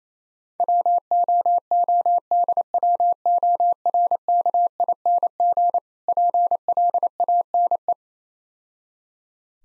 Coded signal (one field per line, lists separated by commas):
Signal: Morse code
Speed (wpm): 29 wpm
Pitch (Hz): 700 Hz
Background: none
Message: WOODWORKING PLANE